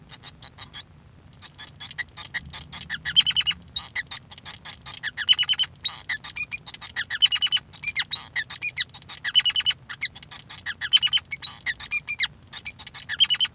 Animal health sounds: song of a male Bengalese finch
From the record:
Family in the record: son of father 5

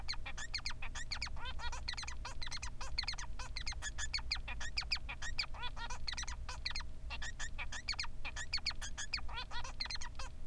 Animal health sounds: song of a male Bengalese finch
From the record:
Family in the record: son of father 3

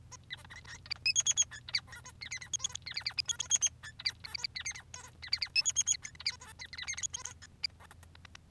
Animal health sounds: song of a male Bengalese finch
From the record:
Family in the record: son of father 3

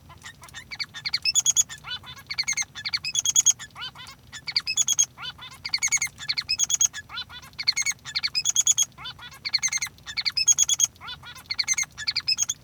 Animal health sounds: song of a male Bengalese finch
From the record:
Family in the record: son of father 3

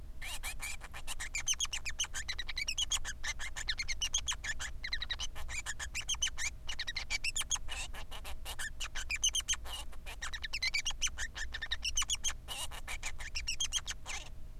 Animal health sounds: song of a male Bengalese finch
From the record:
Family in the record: son of father 3

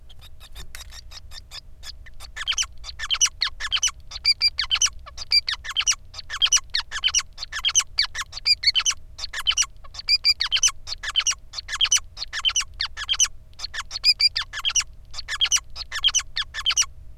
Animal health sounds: song of a male Bengalese finch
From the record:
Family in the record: son of father 5

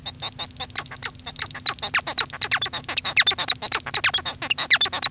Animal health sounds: song of a male Bengalese finch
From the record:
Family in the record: son of father 1

